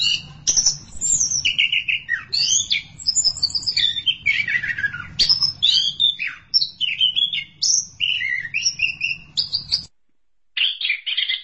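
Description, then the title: Thrush song, a rapid, varied run of high whistled and chattering phrases over a steady low hum; both cut out near ten seconds, then the song briefly resumes. "burung anis x"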